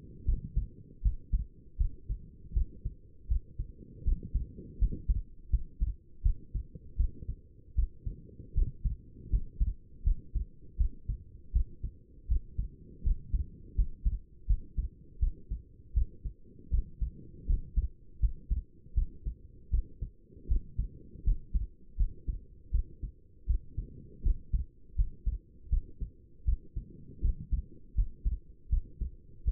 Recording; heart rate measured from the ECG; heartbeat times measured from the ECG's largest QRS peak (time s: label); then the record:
heart sounds by stethoscope; 80 bpm
0.26 s: heartbeat
1.02 s: heartbeat
1.78 s: heartbeat
2.54 s: heartbeat
3.28 s: heartbeat
4.04 s: heartbeat
4.79 s: heartbeat
5.50 s: heartbeat
6.23 s: heartbeat
6.97 s: heartbeat
7.76 s: heartbeat
8.55 s: heartbeat
9.30 s: heartbeat
10.04 s: heartbeat
10.78 s: heartbeat
11.53 s: heartbeat
12.28 s: heartbeat
13.03 s: heartbeat
13.76 s: heartbeat
14.47 s: heartbeat
15.20 s: heartbeat
15.94 s: heartbeat
16.71 s: heartbeat
17.47 s: heartbeat
18.20 s: heartbeat
18.95 s: heartbeat
19.71 s: heartbeat
20.48 s: heartbeat
21.24 s: heartbeat
21.97 s: heartbeat
22.72 s: heartbeat
23.47 s: heartbeat
24.23 s: heartbeat
24.96 s: heartbeat
25.70 s: heartbeat
26.45 s: heartbeat
27.22 s: heartbeat
27.95 s: heartbeat
28.70 s: heartbeat
29.45 s: heartbeat
From the record:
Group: healthy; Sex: female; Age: 37 years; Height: 168 cm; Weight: 70 kg